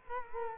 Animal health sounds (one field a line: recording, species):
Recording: mosquito wingbeat signal from an infrared sensor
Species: Culex quinquefasciatus